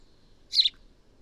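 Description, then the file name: House sparrow giving a single short, bright chirp, loud and clear against a quiet background. "Passer domesticus"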